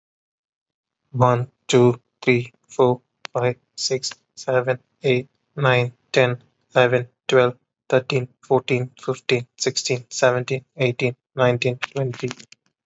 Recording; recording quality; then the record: counting at a normal pace; excellent, no background noise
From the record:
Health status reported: exposed to COVID-19, no respiratory illness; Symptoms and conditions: none ticked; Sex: male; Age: 26 years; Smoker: not ticked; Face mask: not worn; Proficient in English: yes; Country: India